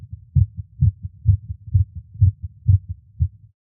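An adult's rapid heartbeat: steady, deep lub-dub thumps repeat at about 128 beats a minute. Each strong beat is followed by a softer second sound, with a faint low rumble underneath.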